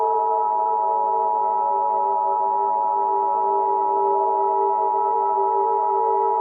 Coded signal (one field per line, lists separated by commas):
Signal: Emergency Alert System (SAME) tones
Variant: 853 and 960 Hz attention tone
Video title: EAS Scenario; Blood moon catastrophe (MINI)